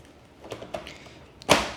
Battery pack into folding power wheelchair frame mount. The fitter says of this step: then push it until it snaps in. Then you can give it a quick pull and make sure it's locked in.